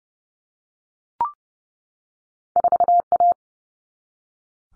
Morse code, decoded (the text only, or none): 4A